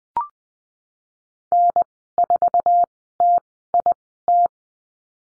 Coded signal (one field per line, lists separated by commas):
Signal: Morse code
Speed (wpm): 20 wpm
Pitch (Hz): 700 Hz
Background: none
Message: N4TIT